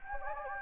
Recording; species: mosquito wingbeat signal from an infrared sensor; Anopheles gambiae